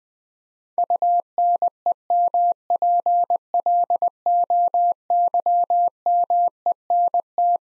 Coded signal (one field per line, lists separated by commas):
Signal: Morse code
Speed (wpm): 20 wpm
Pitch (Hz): 700 Hz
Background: none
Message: UNEMPLOYMENT